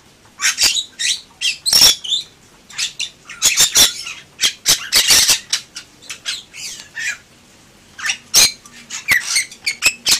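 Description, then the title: Bali myna calling with loud grating squawks and scratchy chatter, delivered in irregular bursts separated by short pauses. "Jalak Bali"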